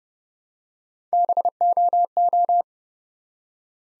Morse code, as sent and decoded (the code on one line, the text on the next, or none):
-... --- ---
BOO